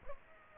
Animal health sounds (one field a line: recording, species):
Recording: mosquito wingbeat signal from an infrared sensor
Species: Aedes aegypti